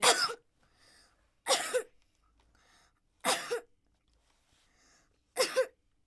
Girl Cough.